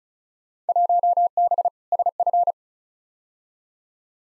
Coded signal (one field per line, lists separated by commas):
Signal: Morse code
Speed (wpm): 34 wpm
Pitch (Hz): 700 Hz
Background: none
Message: 1B SF